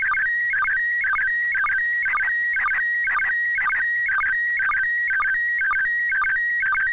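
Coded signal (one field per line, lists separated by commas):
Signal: SSTV (slow-scan television)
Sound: warbling, stepping electronic tone with rhythmic chirps repeating about twice a second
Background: radio static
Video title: SSTV Decode from International Space Station 145.800 MHz SDRplay RSPdx Vertical antenna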